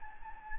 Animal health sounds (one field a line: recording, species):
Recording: mosquito wingbeat signal from an infrared sensor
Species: Anopheles gambiae